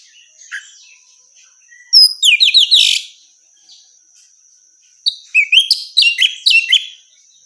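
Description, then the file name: Orange-headed thrush song of rapid, downslurred whistles and chirps in two lively phrases, with a few soft notes before them. Female; recording meant for therapy or training. "suara terapi anis merah betina"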